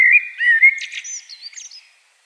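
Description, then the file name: Common blackbird giving one short song phrase of mellow fluting notes that breaks into a softer, squeaky twitter. "Turdus merula"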